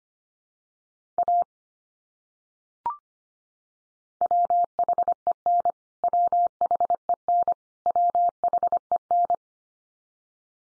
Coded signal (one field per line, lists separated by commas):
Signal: Morse code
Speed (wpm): 25 wpm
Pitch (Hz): 700 Hz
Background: none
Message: A WHEN WHEN WHEN